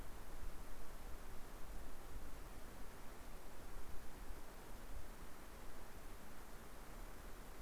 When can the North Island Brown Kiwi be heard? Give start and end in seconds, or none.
none